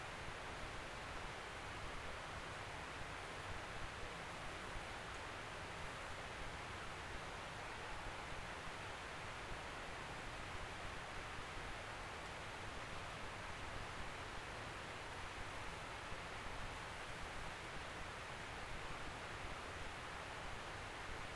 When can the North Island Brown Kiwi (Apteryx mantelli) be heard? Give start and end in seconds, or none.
none